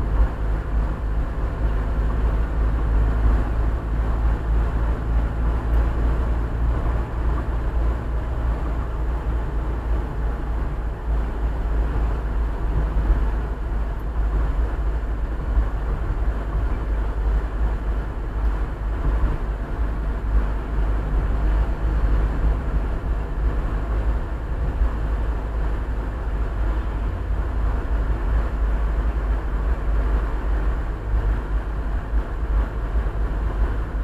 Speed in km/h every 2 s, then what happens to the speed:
51, 52, 54, 55, 55, 54, 52, 51, 51, 49, 49, 50, 51, 51, 50, 49, 48.
0-8 steady at about 54. 8-18 slows to 49. 18-34 steady at about 49.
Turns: none.